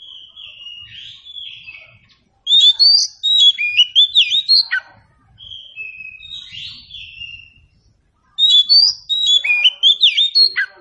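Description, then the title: Oriental Magpie-Robin song, long whistled notes followed by rapid bursts of varied warbling phrases, repeated twice with brief pauses between them. Meant to prompt a bird to sing in reply. "Nyaut Kacer"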